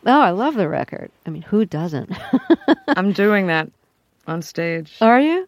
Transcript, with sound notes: Oh, I love the record. I mean, who doesn't (laughter)?
I'm doing that on stage. Are you?